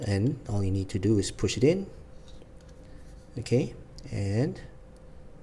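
An M.2 SSD is being handled by the M.2 slot, about to be pushed in, while someone talks, with a couple of faint short sounds near 2.3 and 2.6 seconds. The clip ends before the drive goes home, so nothing has seated or clicked yet.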